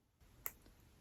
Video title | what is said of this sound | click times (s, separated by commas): 14k Gold Hoop Earrings | you can hear the click | 0.5 s